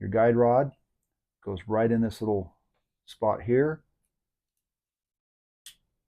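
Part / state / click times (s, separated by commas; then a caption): recoil spring guide rod into barrel notch of a semi-automatic pistol / seated / 5.7 s. During reassembly of a semi-automatic pistol, the steel recoil spring guide rod is set into the notch on the barrel while someone talks. After a pause, a single sharp click at 5.7 s marks the guide rod popping into the notch and seating.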